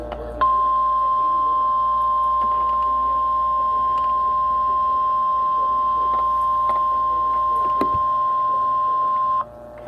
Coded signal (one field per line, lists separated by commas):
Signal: Emergency Alert System (SAME) tones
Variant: 1050 Hz attention tone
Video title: EAS/NWR Alert or message #326-327: 2nd double header SVRs